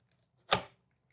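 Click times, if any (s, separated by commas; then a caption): 0.5 s. A mounting link on a Kosmos AI Station cart is slid onto the quick-release box until it latches. A single sharp, bright click sounds at 0.5 s and fades within about a quarter second, with near silence before and after. The link is seated and secure.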